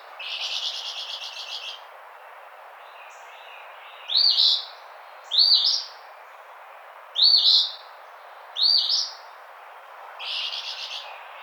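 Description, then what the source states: Eastern phoebe song, a rough two-part fee-bee phrase repeated four times, with a buzzy trill before and after the phrases. Recorded 16 June 2009.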